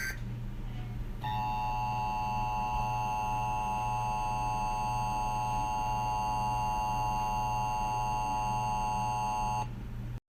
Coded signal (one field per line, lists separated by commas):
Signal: Emergency Alert System (SAME) tones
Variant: 853 and 960 Hz attention tone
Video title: EAS Scenario #1: Reversed Time (CREDITS IN THE DESC)